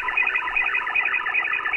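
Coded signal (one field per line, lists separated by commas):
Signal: automatic link establishment (ALE)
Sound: rapid warbling burst of quick hopping tones, like a chirpy fast-stepping melody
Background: radio static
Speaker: it's doing a little handshake and exchanging signal data with my motor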